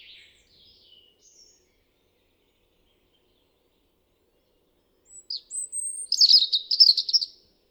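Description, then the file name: European robin song: faint thin notes at the start, then after a pause a high, tumbling phrase of sweet trills and thin whistles. "Erithacus rubecula"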